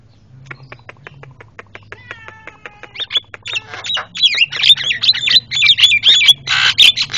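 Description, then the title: Javan myna calling, starting with dry ticking clicks and short whistles, then building into a noisy jumble of harsh squawks and whistled notes. Very noisy calls, used as training audio for caged birds. "Jalak Kebo Master Suara Super Berisik Buat Masteran"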